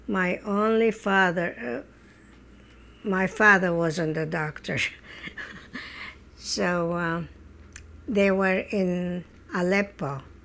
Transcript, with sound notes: My only father, my father wasn't a doctor. ( she laughs ) So they were in Aleppo.